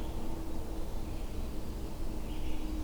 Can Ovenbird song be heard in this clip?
no